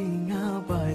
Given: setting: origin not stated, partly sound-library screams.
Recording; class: one-second piece from a danger detection set; normal situation